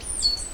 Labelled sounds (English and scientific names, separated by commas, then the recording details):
Stitchbird (Notiomystis cincta) song
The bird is a male
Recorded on Tiritiri Matangi Island, New Zealand, in 2005
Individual 10, of nest box 12